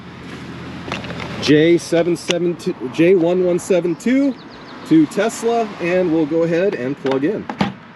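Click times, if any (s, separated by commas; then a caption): none. A J1772 charging handle fitted with a J1772-to-Tesla adapter is handled at a car's charge port while someone talks, with a few brief, sharp handling sounds around 0.9 to 1.2 seconds. Nothing has seated or clicked yet by the end of the clip.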